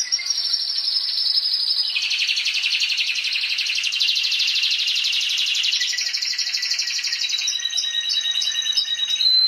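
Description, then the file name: Canary singing a continuous high trill that broadens into a dense rolling tour, then ends in short repeated piping notes. Trio of canaries; training recording (masteran) for teaching songbirds. "kenari trio masteran omkicau"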